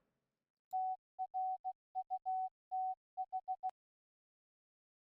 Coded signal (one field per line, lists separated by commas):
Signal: Morse code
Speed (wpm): 16 wpm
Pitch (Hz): 750 Hz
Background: none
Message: TRUTH